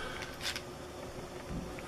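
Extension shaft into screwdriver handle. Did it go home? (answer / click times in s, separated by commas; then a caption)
yes / 1.8 s. The spring-loaded extendable shaft of an Aosky 70-in-1 precision magnetic screwdriver handle is set to a length and wiggled, then locks into place at a notch with a short click at 1.8 s. Softer ticks come before it over a steady low background.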